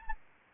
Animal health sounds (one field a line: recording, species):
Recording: mosquito wingbeat signal from an infrared sensor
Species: Anopheles arabiensis